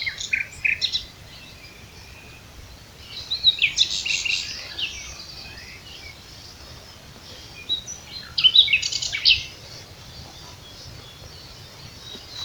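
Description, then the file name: Common nightingale delivering three bursts of dense, jumbled chattering phrases separated by quiet pauses. "Luscinia megarhynchos"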